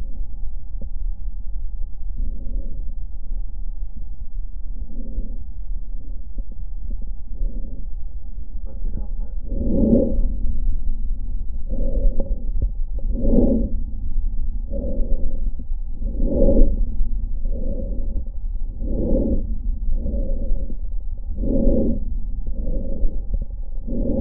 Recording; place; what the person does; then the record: lung sounds by stethoscope; left posterior apical chest; quiet breathing, then deep breathing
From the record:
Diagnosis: interstitial lung disease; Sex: female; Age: 70 years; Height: 160 cm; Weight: 93 kg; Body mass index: 36.3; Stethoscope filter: diaphragm mode